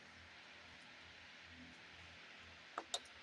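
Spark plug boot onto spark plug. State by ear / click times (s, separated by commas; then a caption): seated / 2.8 s, 2.9 s. A spark plug boot on a damaged coil lead is pressed onto the second spark plug's terminal on a Cub Cadet XT1 46 mower, with steady low background noise throughout. Two sharp clicks sound at 2.8 s and 2.9 s as the boot snaps onto the plug, confirming it is seated.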